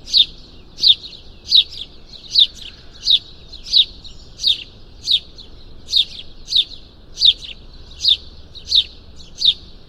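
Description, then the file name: House sparrow chirping, a steady series of sharp, high single chirps repeated about every three quarters of a second, with faint low background hum. "Passer domesticus"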